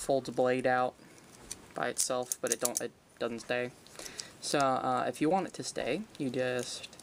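Someone talks while handling plastic blade pieces being fitted into the weapon hilt of a transforming robot toy, so that its fold-out blade will stay out. Only speech and faint handling are heard, with a brief sharp sound right at the end of the clip. Nothing has snapped into place yet.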